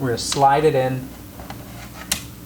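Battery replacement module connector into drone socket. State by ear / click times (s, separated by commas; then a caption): seated / 2.1 s. Someone talks while the yellow connector of a battery replacement module is slid down into its socket on a DJI Matrice 200/210 drone. After a faint tick at 1.5 s, a sharp snap at 2.1 s marks the connector clicking in and seating.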